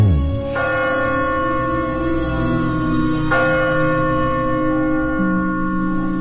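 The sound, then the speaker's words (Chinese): A church bell rings in the new year of 2010 on a night of heavy snow, striking twice about three seconds apart, each loud clang leaving a rich, humming resonance that rings on steadily between and after the strokes. No voices are heard. “当新年的钟声敲响以后，我们当时还在外面，那天下了大雪，街道上铲车和大人们都在不停地铲雪，我们这帮年轻人呢就一起打雪仗，我们就这么打闹地迎来了2010年的第一天。”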